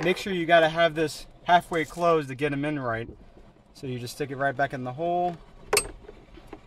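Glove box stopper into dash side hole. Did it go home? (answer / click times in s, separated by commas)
yes / 5.8 s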